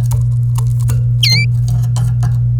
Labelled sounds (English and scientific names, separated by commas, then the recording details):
Domestic Canary (Serinus canaria) song
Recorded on 27 April 2018 at 07:39
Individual llb3